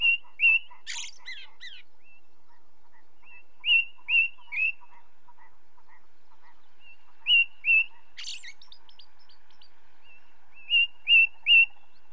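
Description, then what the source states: Ring ouzel song given as groups of two or three clear piping notes repeated every few seconds, with scratchy calls and a faint low repeated call underneath. Ring ouzel song from the British Isles.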